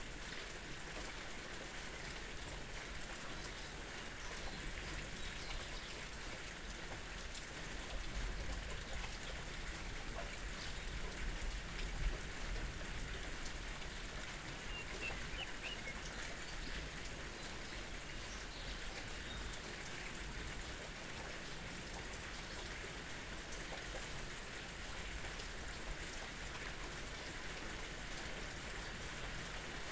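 Steady, dense rain falls throughout, a constant hiss of drops with a bright, fine-grained texture and no real pauses. The level stays even from start to finish, with only a slight swell around the middle and faint bird calls possibly in the background.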